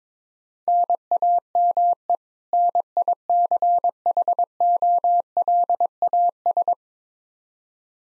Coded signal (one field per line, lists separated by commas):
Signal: Morse code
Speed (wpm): 22 wpm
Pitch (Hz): 700 Hz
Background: none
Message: NAME NICHOLAS